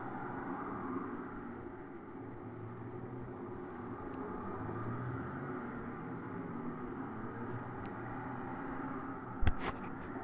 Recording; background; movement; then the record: deep breathing; traffic; sitting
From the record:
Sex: female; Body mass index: 21.8 kg/m2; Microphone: on the chest, facing the body